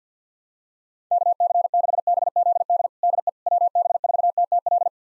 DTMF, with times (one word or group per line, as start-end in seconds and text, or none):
none